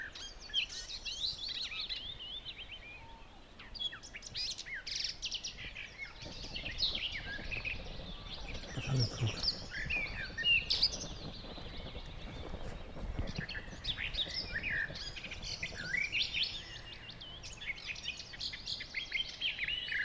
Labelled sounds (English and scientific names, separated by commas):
Barred Warbler (Sylvia nisoria) song